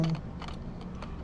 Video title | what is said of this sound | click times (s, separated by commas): Sony A7 III I You Need This 4k Mirrorless DIGITAL CAMERA for Your SIDE HUSTLE | I think I almost locked it in. Nope, not yet. | none